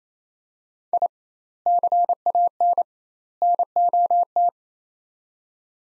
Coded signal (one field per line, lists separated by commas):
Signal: Morse code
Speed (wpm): 28 wpm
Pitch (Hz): 700 Hz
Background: none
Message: I CAN NOT